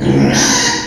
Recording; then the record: squeal of a Yucatan mini pig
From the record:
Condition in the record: before surgery on the right vocal fold (resection and tissue-engineered implant); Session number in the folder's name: 2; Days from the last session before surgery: 0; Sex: male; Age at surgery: 12 weeks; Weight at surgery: 13 kg